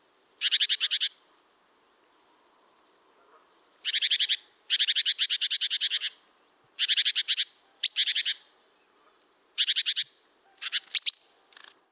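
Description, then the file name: Great tit churring alarm, rasping rattled bursts of varying length given in irregular runs, broken by brief thin high whistles between phrases. "Parus major"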